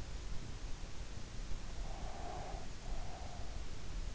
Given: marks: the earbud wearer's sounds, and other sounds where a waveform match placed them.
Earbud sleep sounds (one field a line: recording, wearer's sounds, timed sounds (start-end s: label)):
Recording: sounds in sleep by an in-ear microphone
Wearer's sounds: breath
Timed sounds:
1.86-3.62 s: breath